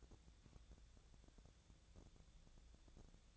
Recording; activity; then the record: daily activity, microphone in the room; take from stove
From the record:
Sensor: 3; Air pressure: 1000.0 hPa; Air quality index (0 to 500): 124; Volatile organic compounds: 2 ppm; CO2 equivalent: 1113 ppm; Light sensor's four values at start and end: 46/117/50/56 and 46/116/50/56